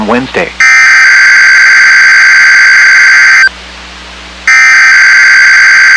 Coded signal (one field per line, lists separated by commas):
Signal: Emergency Alert System (SAME) tones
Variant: header bursts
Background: speech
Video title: 7/31/24 - KIH28 Required Weekly Test (EAS #1117)